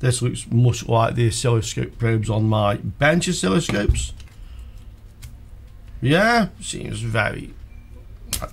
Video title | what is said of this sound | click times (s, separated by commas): A 110MHz Oscilloscope for under $70! Is It For Real And Is It Any Good? | nice click on there that is well made scope | 8.3 s, 8.4 s